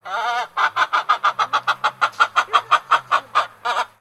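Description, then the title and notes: Chicken clucking: a rapid run of many short, nasal clucks after one longer opening note, with a brief pause before the last. "Chicken Clucking Sound Effect. Artist: Alexander"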